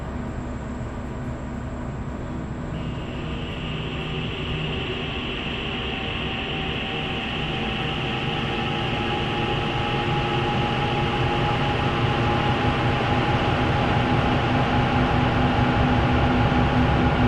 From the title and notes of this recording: Winter in Saint Petersburg presents a sound art work with field recordings collected in Saint Petersburg.